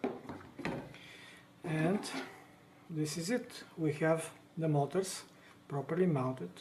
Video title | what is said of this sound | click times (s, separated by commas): Assemble Kuman Arduino Robot Car SM2 Step1 Install the Motors on the Chassis | Push until they click in place, | 0.0 s, 0.7 s